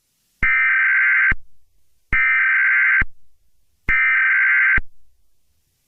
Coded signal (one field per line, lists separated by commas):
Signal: Emergency Alert System (SAME) tones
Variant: header bursts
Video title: EAS Scenario Special Littteral Nightmare